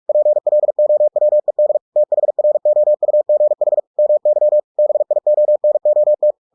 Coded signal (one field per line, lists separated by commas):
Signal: Morse code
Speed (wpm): 46 wpm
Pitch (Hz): 600 Hz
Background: none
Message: PLOWED THROUGH MY BIONOT